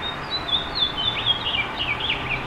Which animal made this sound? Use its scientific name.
Haemorhous mexicanus